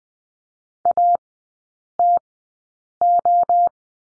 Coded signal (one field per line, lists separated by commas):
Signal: Morse code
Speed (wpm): 20 wpm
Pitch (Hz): 700 Hz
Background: none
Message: ATO